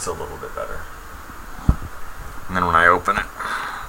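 Someone handles a damaged 2008 MacBook Pro, opening the display lid with its bent hinge in the laptop base, while they talk over soft rustling and a brief knock near 1.7 seconds. The hinge has not snapped back into place or seated yet by the end of the clip.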